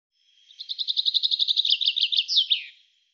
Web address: cianscape birddata Deverinetal 2025 Bird Fr Co